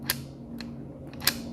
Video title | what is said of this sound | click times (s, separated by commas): 📶 Special Tactics: Locked Door Egress ✓ | into the out position you hear that click | 0.1 s